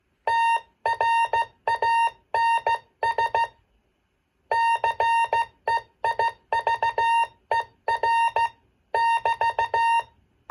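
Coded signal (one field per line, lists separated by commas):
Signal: Morse code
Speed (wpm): 15 wpm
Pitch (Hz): 920 Hz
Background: none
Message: TRANS CEIVER <BT>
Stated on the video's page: 40-meter contact on a superhet transceiver with 455 kc ceramic filter, crystal-controlled one-watt transmitter on 7039.5 kc.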